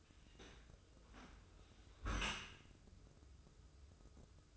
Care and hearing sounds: daily activity, microphone in the room; close dishwasher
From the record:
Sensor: 2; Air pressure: 995.7 hPa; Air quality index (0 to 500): 97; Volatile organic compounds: 5 ppm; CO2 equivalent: 1796 ppm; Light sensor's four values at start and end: 25/80/32/30 and 25/80/32/31

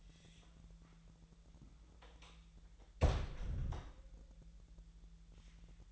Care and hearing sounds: daily activity, microphone in the room; close door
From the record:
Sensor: 3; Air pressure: 1001.3 hPa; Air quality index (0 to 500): 249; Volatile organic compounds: 166 ppm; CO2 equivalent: 4090 ppm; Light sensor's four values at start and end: 12/28/11/11 and 12/30/12/12

